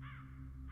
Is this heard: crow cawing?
yes